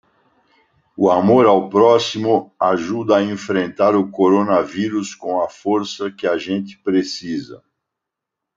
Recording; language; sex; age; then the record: spoken sentence; Brazilian Portuguese; male; 60 to 69 years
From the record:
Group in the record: control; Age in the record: 67 years